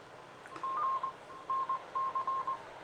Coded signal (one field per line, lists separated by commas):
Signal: Morse code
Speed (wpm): 20 wpm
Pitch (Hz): 1060 Hz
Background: none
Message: G NC